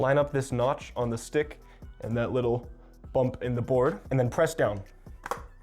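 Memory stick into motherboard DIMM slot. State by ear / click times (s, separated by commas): seated / 5.3 s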